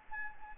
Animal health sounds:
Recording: mosquito wingbeat signal from an infrared sensor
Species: Anopheles gambiae

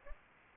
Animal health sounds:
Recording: mosquito wingbeat signal from an infrared sensor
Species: Aedes albopictus

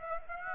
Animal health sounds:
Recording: mosquito wingbeat signal from an infrared sensor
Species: Aedes aegypti

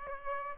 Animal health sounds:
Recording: mosquito wingbeat signal from an infrared sensor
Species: Aedes albopictus

